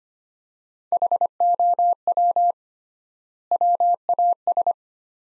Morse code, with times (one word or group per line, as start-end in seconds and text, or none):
0.9-2.5 HOW
3.5-4.7 WAS